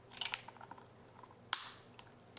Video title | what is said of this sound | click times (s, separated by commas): ResMed Activa LT CPAP Mask Fitting and Assembly Video | One more click and it's in. | 1.5 s